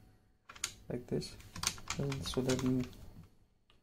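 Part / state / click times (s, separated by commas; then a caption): removable cut-piece holder into wire cutting machine frame / seated / 0.6 s. A removable holder for cut wire pieces is pushed onto the frame of a homemade Arduino automatic wire stripping and cutting machine and snaps into place with a sharp click at 0.6 s. Someone talks as it seats.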